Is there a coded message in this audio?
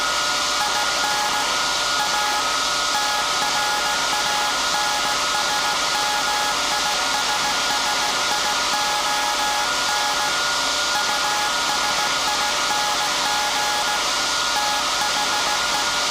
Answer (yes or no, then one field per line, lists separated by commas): yes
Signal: Morse code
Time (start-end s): 0.6-15.8 s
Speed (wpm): 17 wpm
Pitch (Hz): 840 Hz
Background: none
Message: IN A TRANSMISSION USING THE